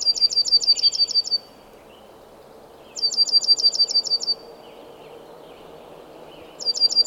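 Bird song: bursts of fast, high repeated notes, each about a second and a half long, recurring roughly every three seconds, with faint lower chirps between.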